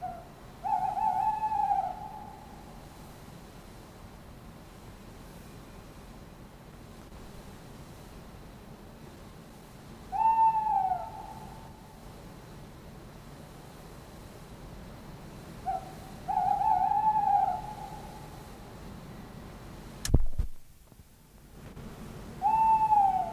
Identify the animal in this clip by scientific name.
Strix aluco